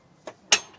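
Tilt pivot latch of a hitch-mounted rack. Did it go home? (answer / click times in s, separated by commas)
yes / 0.5 s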